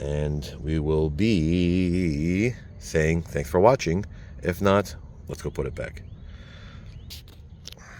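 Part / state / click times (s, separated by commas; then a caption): plastic door trim piece clipping onto car door / seated / 7.7 s. Someone talks for most of the clip while reinstalling door panel parts on a 2025-2027 Toyota Camry after replacing the door mirror. Near the end, a plastic trim piece is pushed onto the car door, and its clip seats with a sharp double snap at 7.7 s and 7.7 s.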